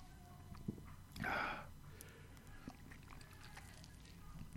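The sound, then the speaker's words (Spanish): One noisy, airy slurp of mate drawn through a metal straw, lasting about half a second, then quiet with faint background rumble and a few soft clicks. “Espero que ustedes tengan la oportunidad de tomar un mate tan rico como yo hoy, ¿eh? Un par de sorbos más.”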